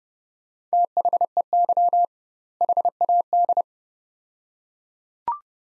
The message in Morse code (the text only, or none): THEY HAD